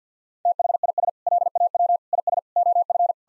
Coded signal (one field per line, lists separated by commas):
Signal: Morse code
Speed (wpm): 50 wpm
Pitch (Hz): 700 Hz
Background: none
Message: THIS LAW IS OF